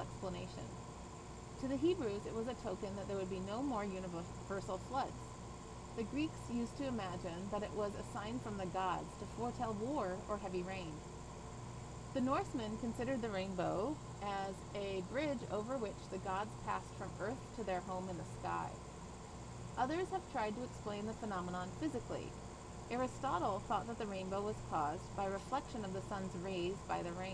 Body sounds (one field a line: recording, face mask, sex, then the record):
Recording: reading aloud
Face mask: surgical mask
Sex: female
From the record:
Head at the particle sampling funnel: turned sideways, cheek in front of it